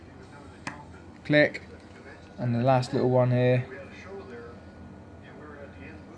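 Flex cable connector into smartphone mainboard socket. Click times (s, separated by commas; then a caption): 0.7 s. The bottom flex-cable connector of a disassembled LG G3 smartphone, opened to fix a flickering, dim screen, is pressed straight down onto its mainboard socket and clicks into place with a sharp, short hit at 0.7 s. The connector is seated, and then someone talks.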